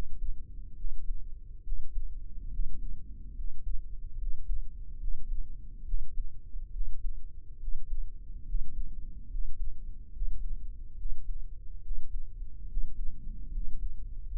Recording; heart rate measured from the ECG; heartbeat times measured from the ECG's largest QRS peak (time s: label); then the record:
heart sounds by microphone in the right ear; 71 bpm
0.73 s: heartbeat
1.61 s: heartbeat
2.48 s: heartbeat
3.33 s: heartbeat
4.16 s: heartbeat
4.97 s: heartbeat
5.83 s: heartbeat
6.69 s: heartbeat
7.57 s: heartbeat
8.43 s: heartbeat
9.27 s: heartbeat
10.10 s: heartbeat
10.94 s: heartbeat
11.80 s: heartbeat
12.65 s: heartbeat
13.49 s: heartbeat
14.28 s: heartbeat
From the record:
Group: healthy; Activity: cold pressor test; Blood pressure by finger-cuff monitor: 137/80 mmHg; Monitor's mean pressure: 96 mmHg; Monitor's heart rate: 71 bpm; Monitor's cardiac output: 7.7 L/min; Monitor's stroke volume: 111 mL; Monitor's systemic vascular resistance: 930 dyn s/cm5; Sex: male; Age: 23 years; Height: 178 cm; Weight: 96.6 kg